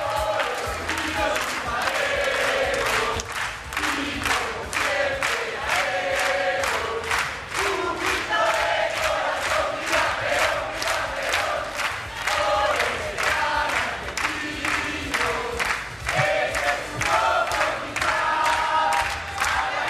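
A crowd gives a sustained ovation thanking the first speakers at an event, dense rapid clapping filling the whole stretch, with cheers and shouts rising through the steady, loud wash of applause.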